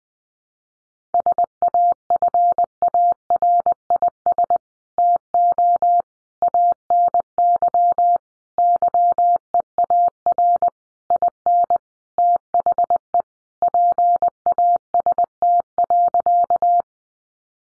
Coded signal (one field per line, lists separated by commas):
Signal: Morse code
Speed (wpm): 20 wpm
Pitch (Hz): 700 Hz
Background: none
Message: SAFARIS TO ANY YEAR IN THE PAST.